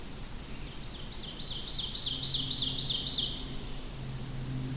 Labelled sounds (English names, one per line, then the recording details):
Ovenbird song
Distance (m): 45 m
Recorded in boreal forest in Alberta, Canada, on 25 June 2016 at 07:26
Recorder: SongMeter 3, array SBT-6-76
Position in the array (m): 296 m, 78 m
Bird 1